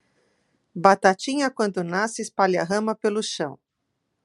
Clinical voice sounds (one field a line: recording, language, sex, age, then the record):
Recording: short text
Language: Brazilian Portuguese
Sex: female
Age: 40 to 49 years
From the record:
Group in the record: control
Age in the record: 49 years